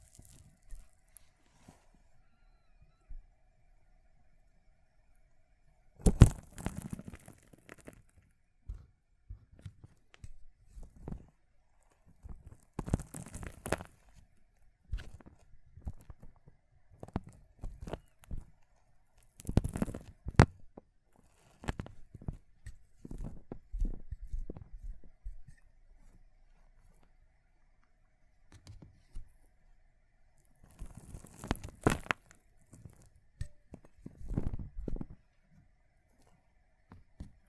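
Water beads being crushed, heard as bursts of soft squelching, crackling and popping. Louder squishes come near 6, 13, 20 and 32 seconds, with scattered small clicks and crackles between them. Near-silent pauses separate the bursts, and the crushing stays irregular throughout.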